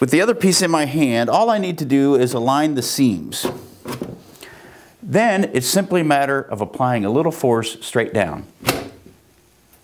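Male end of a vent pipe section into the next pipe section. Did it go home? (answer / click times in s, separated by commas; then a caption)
yes / 8.7 s. Someone talks while two sections of Airjet snap-lock metal vent pipe are joined: one section rests male end up on a table, and the other is held by hand, aligned at the seams and pressed straight down onto it. A sharp snap at 8.7 s shows the snap locks have engaged and the sections are seated together.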